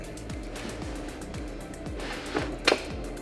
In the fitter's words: and you'll go until you hear like a click